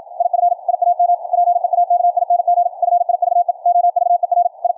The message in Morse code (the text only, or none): IF I AM PEAKING FIVE OVER I